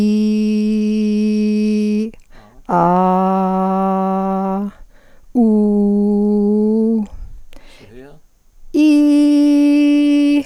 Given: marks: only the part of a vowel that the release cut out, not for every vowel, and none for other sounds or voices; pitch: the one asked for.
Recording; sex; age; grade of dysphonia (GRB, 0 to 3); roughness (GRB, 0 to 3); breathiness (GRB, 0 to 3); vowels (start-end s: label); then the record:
sustained vowels; female; 50 to 59 years; 0; 0; 0
0.00-1.84 s: vowel /i/, normal pitch
2.75-4.57 s: vowel /a/, normal pitch
5.42-6.97 s: vowel /u/, normal pitch
8.81-10.31 s: vowel /i/, high pitch
From the record:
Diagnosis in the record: psychogenic dysphonia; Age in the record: 58 years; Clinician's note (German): Ponogen; psychogene Dysphonie